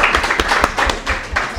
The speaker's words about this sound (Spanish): Vení a saludar, querido. Por favor, fuerte un aplauso